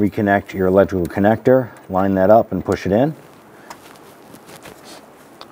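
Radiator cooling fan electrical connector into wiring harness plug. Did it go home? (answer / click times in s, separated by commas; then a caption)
yes / 5.4 s. Someone talks for the first three seconds while the plastic electrical connector of a radiator cooling fan on a 1994–2004 Ford Mustang is lined up and pushed onto its mating wiring harness plug. Faint handling noises and a small tick near 3.7 seconds follow, then a short, sharp snap at 5.4 seconds as the connector seats into place.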